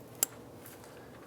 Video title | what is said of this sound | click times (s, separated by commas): How to Replace Ignition Coil Boot 2007-2015 Mazda CX-9 | we're going to push that plug in until we hear it click | 0.2 s